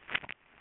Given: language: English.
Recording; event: throat vibration sensor signal played as sound; swallow